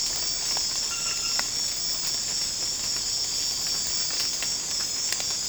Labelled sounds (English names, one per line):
none